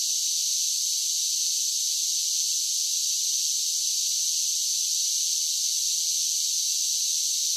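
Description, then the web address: Steady cicada chorus: a dense, high, sizzling buzz running without a break at a uniform level. "Blast Wave Update 1 Cicadas Sing"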